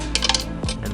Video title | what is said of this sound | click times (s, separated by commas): 3rd Gen 4Runner RETROFITS! // Full DIY Headlights Tutorial | that just pops right into place | 0.1 s